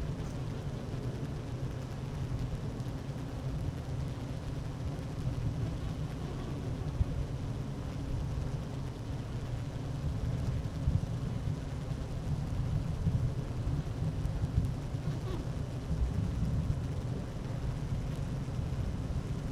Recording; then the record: honeybee colony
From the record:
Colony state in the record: active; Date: 12 June 2018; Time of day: 11:53